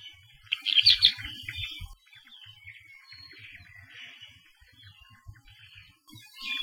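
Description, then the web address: Apapane song: one loud burst of sharp chirps and whistled notes, then soft, scattered twittering notes over a low background rumble. Recorded along Saddle Road, Hawaii. "Saddle Road Birding Songfiles apapanelong"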